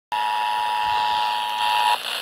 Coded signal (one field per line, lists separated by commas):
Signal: Emergency Alert System (SAME) tones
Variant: 853 and 960 Hz attention tone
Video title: Child Abduction Emergency | EAS #440